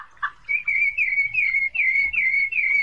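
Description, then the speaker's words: Thrush song: a run of clear, slightly slurred whistled phrases held at one steady pitch, after two soft opening notes. Wakes people at 4 in the morning. "Es el zorzal. El que se nos despierta a las 4 de la mañana."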